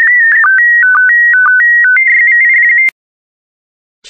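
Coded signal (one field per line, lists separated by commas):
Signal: SSTV (slow-scan television)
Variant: PD120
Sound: short warbling electronic tones stepping between pitches, then a steady high tone cutting off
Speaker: transmission complete you can now check your decoded image against the picture that is shown on the video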